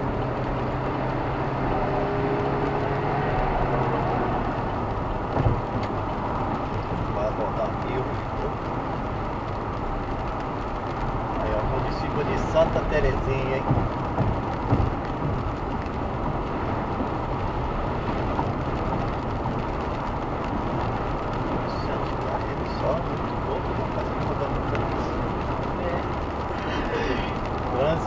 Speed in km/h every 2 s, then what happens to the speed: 108, 113, 115, 117, 116, 113, 111, 108, 107, 106, 105, 106, 107, 110.
0-6 speeds up to 117. 6-19 slows to 105. 19-28 steady at about 106.